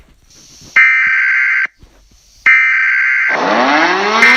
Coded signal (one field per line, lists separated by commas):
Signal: Emergency Alert System (SAME) tones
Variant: header bursts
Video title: EAS Scenario - Asteroid Impact